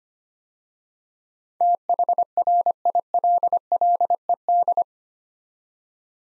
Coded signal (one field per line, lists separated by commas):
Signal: Morse code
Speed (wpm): 25 wpm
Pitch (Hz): 700 Hz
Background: none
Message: THRILLED